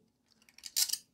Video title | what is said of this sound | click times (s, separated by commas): Custom 3D Printed Golf Ball Collection Rack - Free Download (print your own) | yep snaps right in there um the golf ball fits much better now so | 0.9 s